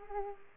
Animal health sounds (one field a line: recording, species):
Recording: mosquito wingbeat signal from an infrared sensor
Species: Aedes aegypti